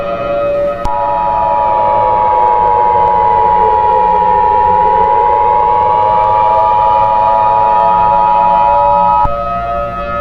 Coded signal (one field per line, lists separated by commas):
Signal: Emergency Alert System (SAME) tones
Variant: 853 and 960 Hz attention tone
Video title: EAS Scenario: SYLAS.EXE (W.I.P)